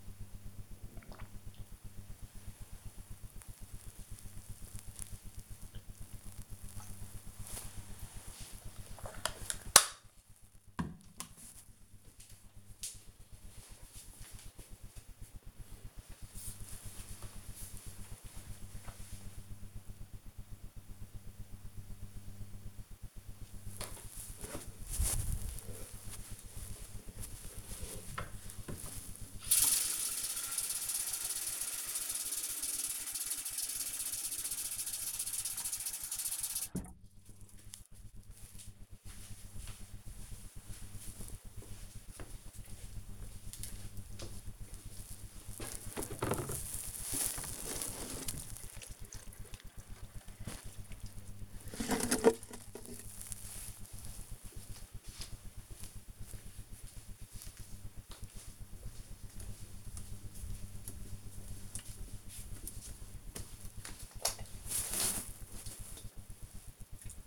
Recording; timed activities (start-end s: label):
household activities, microphone on the right wrist
0.00-8.44 s: drinking
23.57-67.27 s: watering plant